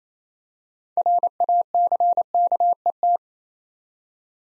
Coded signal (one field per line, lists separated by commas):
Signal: Morse code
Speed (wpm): 29 wpm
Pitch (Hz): 700 Hz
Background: none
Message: RACKET